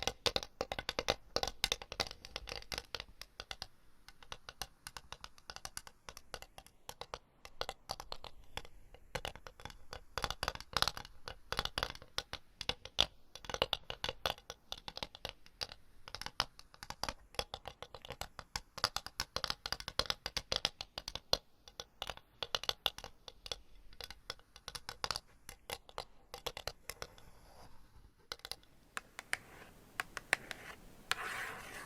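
Scratching and tapping run continuously for about 28 seconds, a dense, fast, crackling stream of short dry strokes, bright and uneven in loudness. Near the end the scratching thins out, leaving softer, scattered brushing sounds.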